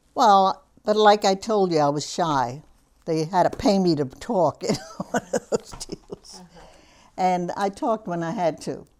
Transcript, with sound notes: Well, but like I told you, I was shy. They had to pay me to talk. ( she laughs ) One of those deals. And I talked when I had to,